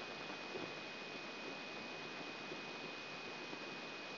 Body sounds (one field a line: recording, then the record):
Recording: brain microelectrode recording played as sound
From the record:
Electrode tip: inside the subthalamic nucleus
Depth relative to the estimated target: -2 mm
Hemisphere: left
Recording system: AlphaMap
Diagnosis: Parkinson's disease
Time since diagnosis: 7 years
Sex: female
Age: 56 years